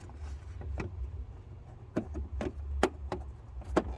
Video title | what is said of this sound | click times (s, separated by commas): Headlight lens replacement 2008 BMW 550I | It just gives it a little twist, locks into place there. | 2.8 s